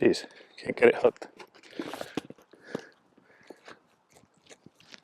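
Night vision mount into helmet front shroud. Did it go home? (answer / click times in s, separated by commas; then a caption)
yes / 4.9 s. Someone talks while fumbling a Wilcox night vision mount against the front shroud of a TacticalXmen Ratel FDK22 Level IIIA ballistic helmet, with scraping, knocking plastic contacts along the way. After more fumbling, the mount is pushed into the shroud and clicks in with a sharp, brief snap at 4.9 s, seating it.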